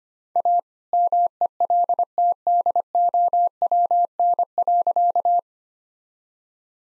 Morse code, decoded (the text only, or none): A MELTDOWN.